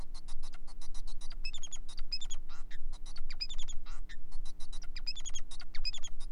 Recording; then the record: song of a male Bengalese finch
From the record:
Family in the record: son of father 4